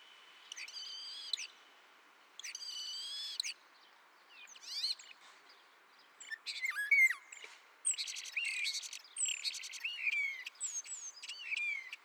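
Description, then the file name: Common starling song, opening with two drawn-out wheezy phrases, then rattles and a rush of twisting whistles and chatter. "Spreeuw"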